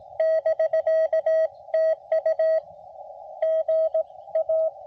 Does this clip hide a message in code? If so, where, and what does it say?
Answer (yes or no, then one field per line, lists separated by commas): yes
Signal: Morse code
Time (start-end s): 0.2-4.7 s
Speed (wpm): 21 wpm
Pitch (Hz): 690 Hz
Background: radio noise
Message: <BK> TU GA